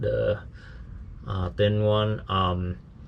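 A thin wiring harness connector is being handled near the fuel/water separator sensor plug on a 2020 Ram 2500 pickup, but it has not seated or clicked in yet. Someone talks over the handling, and no click is heard.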